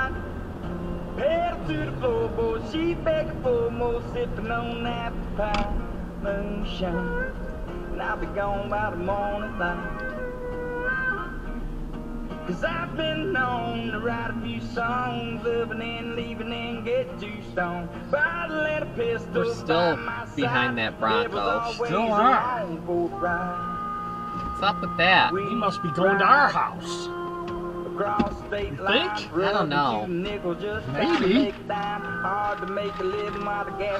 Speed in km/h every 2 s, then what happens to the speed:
68, 68, 68, 61, 56, 47, 35, 29, 23, 18, 10, 0, 0, 0, 0, 0, 0.
4-22 brakes to 0. 22-34 standing.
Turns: none.